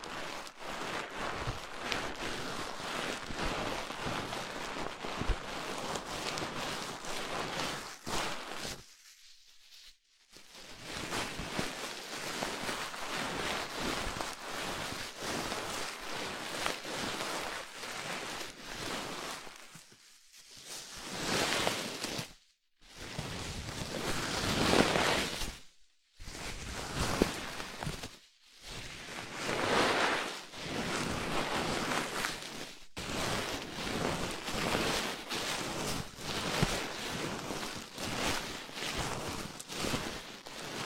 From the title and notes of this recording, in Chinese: 用奇奇怪怪的物品放松你的耳朵哦。